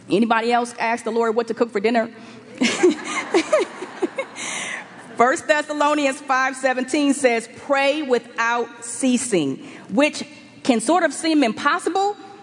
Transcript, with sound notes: Anybody else ask the Lord what to cook for dinner? (laughter) First Thessalonians 5:17 says, “Pray without ceasing,” which can sort of seem impossible,